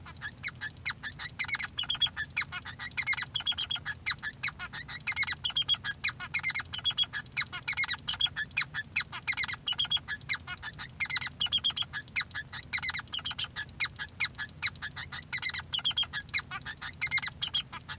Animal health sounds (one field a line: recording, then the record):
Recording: song of a male Bengalese finch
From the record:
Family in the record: son of father 3